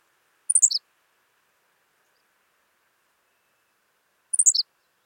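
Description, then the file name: Henslow's sparrow repeating its tiny, high, stuttering descending song twice, roughly four seconds apart, with nothing else audible. "Ammodramus henslowii - Henslow's Sparrow"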